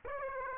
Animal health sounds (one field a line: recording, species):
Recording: mosquito wingbeat signal from an infrared sensor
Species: Aedes aegypti